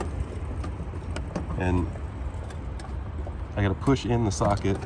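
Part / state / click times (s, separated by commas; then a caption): H7 bulb socket into headlamp housing / not seated / none. A spring-loaded plastic H7 halogen headlight bulb socket on a VW B6 Passat is lined up with the slots in the headlamp housing, before it is pushed in and twisted to lock. Faint ticks and handling sounds occur over a steady low background hum while someone talks. Nothing has seated or clicked yet.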